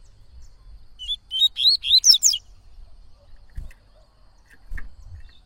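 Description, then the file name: Yellow-bellied seedeater song, one fast run of high chirping, warbled notes, followed by two faint clicks. "canto de coleiro baiano"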